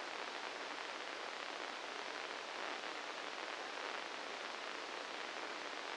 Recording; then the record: brain microelectrode recording played as sound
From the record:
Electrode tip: inside the subthalamic nucleus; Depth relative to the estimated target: 1 mm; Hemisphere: left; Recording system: NeuroSet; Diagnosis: Parkinson's disease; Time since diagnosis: 9 years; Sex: male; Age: 61 years